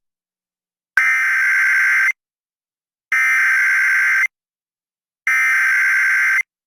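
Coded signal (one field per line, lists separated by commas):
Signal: Emergency Alert System (SAME) tones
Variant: header bursts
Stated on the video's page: Child Abduction Emergency EAS alert received live on AM radio station KOGO-AM while tuning a radio.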